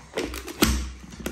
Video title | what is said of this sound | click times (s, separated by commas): Dyson 360 Viz Nav Review & comparison to Roomba i7 | it clicks back in. | 1.3 s